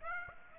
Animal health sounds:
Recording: mosquito wingbeat signal from an infrared sensor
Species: Aedes aegypti

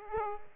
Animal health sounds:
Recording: mosquito wingbeat signal from an infrared sensor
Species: Aedes aegypti

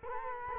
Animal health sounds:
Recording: mosquito wingbeat signal from an infrared sensor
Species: Culex quinquefasciatus

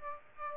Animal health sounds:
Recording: mosquito wingbeat signal from an infrared sensor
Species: Aedes aegypti

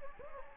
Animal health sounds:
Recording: mosquito wingbeat signal from an infrared sensor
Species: Anopheles gambiae

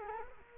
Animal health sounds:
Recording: mosquito wingbeat signal from an infrared sensor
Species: Culex quinquefasciatus

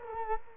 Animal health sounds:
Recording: mosquito wingbeat signal from an infrared sensor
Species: Culex quinquefasciatus

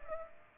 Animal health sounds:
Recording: mosquito wingbeat signal from an infrared sensor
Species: Aedes aegypti

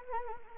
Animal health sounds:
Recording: mosquito wingbeat signal from an infrared sensor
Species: Anopheles arabiensis

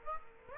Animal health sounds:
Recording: mosquito wingbeat signal from an infrared sensor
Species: Aedes aegypti

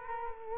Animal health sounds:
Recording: mosquito wingbeat signal from an infrared sensor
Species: Culex quinquefasciatus

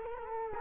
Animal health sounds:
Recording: mosquito wingbeat signal from an infrared sensor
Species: Culex quinquefasciatus

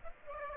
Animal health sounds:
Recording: mosquito wingbeat signal from an infrared sensor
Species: Aedes aegypti

